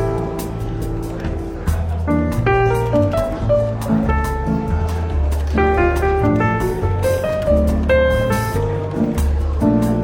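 A London bookshop café with relaxed jazz playing in the background. Clear melodic notes shift every second or so over a steady bass line, while a soft wash of murmur and clatter stays constant underneath at an even level throughout.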